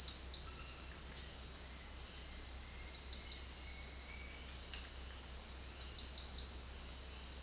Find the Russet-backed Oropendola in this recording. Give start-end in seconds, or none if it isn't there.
none